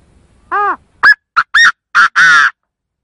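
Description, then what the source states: Chinese francolin delivering a single rapid phrase of six loud, harsh notes, starting arched and ending in two broad grating blasts. In forest.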